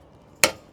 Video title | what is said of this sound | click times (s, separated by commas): Most Rver’s Are Doing This WRONG- Including us! | and when you hear it pop like that, | 0.4 s